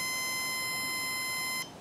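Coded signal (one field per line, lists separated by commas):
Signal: beep code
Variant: rocket altimeter continuity check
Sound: one steady mid-pitched electronic beep lasting about 1.6 seconds, then quiet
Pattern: 1 beep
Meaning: One beep means no e-match is connected; the altimeter is ready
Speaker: take its readings reset and determine how many e- [Music] matches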